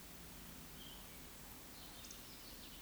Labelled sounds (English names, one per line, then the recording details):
Eurasian Woodcock whistle
Eurasian Woodcock croak
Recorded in Baden-Württemberg, Germany, on 16 June 2021 at 20:01 UTC
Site 18672, 474 m above sea level